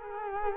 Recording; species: mosquito wingbeat signal from an infrared sensor; Culex quinquefasciatus